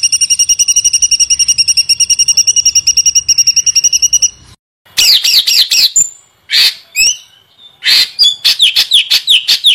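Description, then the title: White-eye song opening with a long, even, buzzy high trill, followed by varied sweeping chirps and quick slurred whistles. Masteran tutor recording of white-eye song, gacor (continuous singing), full tembakan. "Masteran Burung Pleci Gacor Full Tembakan"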